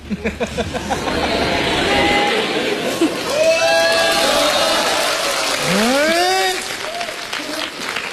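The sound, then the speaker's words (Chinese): An audience at a Chinese crosstalk (xiangsheng) comedy show shouts together in unison, drawn-out calls with swooping pitch rising and falling, layered over a steady wash of applause and audience noise. “对，好啊，你们上这不是来看节目来了，你们是玩合唱来了。”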